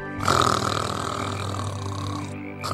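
snoring

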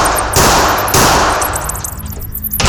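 several gunshots

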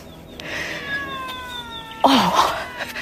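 cat meowing

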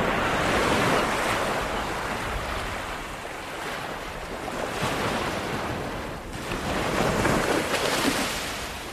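sea waves breaking

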